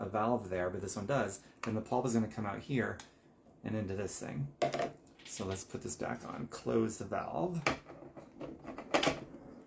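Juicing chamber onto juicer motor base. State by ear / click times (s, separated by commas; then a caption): seated / 9.0 s. Someone talks while refitting the juicing chamber onto the motor base of a Ninja masticating juicer after closing its juice valve. A short plastic tick at 8.8 s is followed by a sharper click at 9.0 s as the chamber twists and locks into place.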